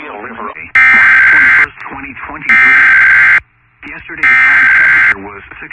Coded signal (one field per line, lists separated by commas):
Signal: Emergency Alert System (SAME) tones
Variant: header bursts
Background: speech